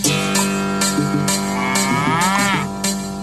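A cow moos in a long, low, drawn-out bellow that wavers and bends in pitch, loud and sustained for several seconds, with no one talking.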